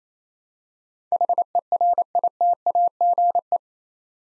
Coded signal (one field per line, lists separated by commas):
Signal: Morse code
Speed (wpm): 27 wpm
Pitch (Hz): 700 Hz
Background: none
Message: HERITAGE